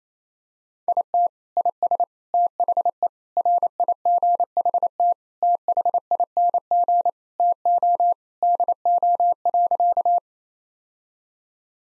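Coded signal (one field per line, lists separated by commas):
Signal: Morse code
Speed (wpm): 28 wpm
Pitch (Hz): 700 Hz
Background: none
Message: IT IS THE RIGHT THING TO DO.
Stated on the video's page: Morse practice at 28 WPM of sentences containing common five-word phrases, for head-copy training.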